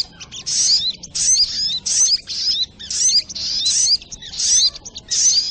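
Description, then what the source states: Little spiderhunter song of high, scratchy twitters mixed with bending whistled notes, phrases coming in quick succession with brief breaks. Training recording (masteran).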